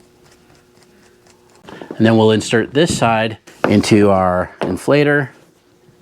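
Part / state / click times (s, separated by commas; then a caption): air hose fitting into portable tire inflator port / not seated / none. Someone talks while holding an air hose fitting by the port of a LASFIT AIR TK1 portable tire inflator, with a few faint handling taps near 0.8 s and 1.3 s before the speech begins. The fitting is meant to be pressed and twisted in until it locks, but nothing has seated or clicked yet.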